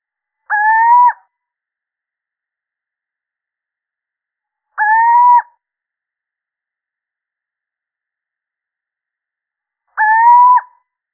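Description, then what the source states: Little owl giving three clear, evenly pitched hoots with a slight upward inflection, spaced about five seconds apart, with nothing else audible. Male.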